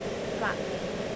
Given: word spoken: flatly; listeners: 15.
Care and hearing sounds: one English word in noise, from a listening test; speech-shaped noise; -4.0 dB; 1 of 15; 6 of 15; 0.76 s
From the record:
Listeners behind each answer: 6, 2, 2, 1, 1, 1, 1, 1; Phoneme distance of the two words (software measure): 14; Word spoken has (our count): 2 syllables, 6 phonemes, stress on syllable 1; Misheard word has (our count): 1 syllable, 4 phonemes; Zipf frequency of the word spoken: 2.56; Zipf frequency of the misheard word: 4.99

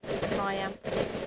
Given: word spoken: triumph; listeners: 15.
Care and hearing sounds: one English word in noise, from a listening test; noise modulated by three-talker babble; -3.1 dB; 1 of 15; 6 of 15; 0.87 s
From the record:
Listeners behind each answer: 6, 2, 2, 2, 1, 1, 1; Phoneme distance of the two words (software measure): 31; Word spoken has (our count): 2 syllables, 6 phonemes, stress on syllable 1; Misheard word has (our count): 2 syllables, 3 phonemes, stress on syllable 1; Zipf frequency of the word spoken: 4.01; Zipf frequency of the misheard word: 4.91

